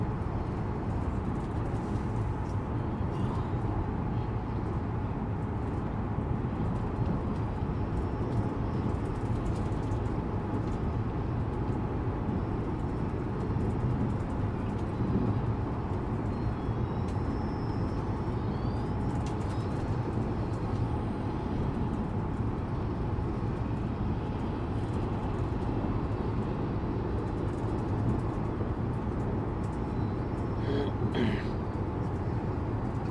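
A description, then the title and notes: Airplane white noise: a steady, dense roar weighted toward the low end, holding the same level for the whole stretch. A faint constant hum sits above the rumble, and a few light ticks and clicks surface briefly, most noticeably near the end. Air Plane White Noise - ASMR. The humming of the air planes engines.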